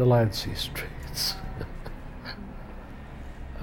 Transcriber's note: laughing silently